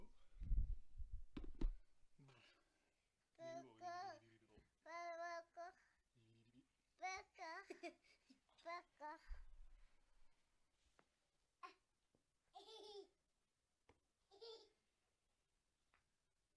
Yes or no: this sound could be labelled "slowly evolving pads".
no